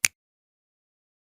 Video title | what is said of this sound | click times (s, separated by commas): How to Use SureSwab Rapid | Press down the centre of the swab until you hear a click. | 0.0 s